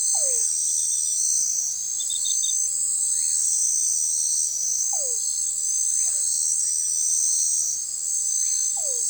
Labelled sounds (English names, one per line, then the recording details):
none
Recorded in forest near Pivijay, Magdalena, Colombia, on 17 April 2023 at 20:00
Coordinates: 10.467, -74.380
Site Z5-G034